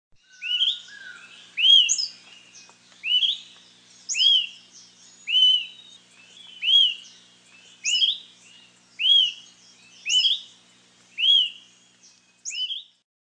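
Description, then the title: Bird song: a short, bright, sweeping high phrase repeated many times, roughly once a second, over a quiet background. "LuckyPassaro Completos2Sama"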